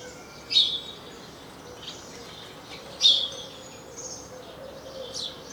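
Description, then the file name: House sparrow calls: a few loud, sharp chirps spaced roughly two and a half seconds apart, with fainter chirping between. "Passer domesticus"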